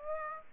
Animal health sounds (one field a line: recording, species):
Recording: mosquito wingbeat signal from an infrared sensor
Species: Aedes aegypti